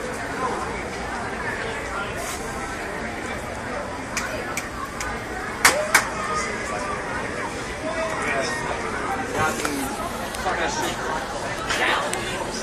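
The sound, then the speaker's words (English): A steady murmur of many voices chattering at once, a street crowd outside a nightclub in Old City, a babble that never settles, broken by a few sharp clicks and brief louder bursts around the middle. “The booties are coming out the club.”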